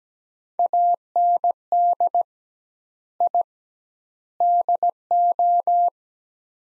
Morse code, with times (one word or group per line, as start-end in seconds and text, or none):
0.6-2.2 AND
3.2-3.4 I
4.4-5.9 DO